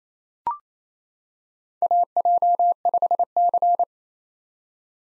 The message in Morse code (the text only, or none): AJ5C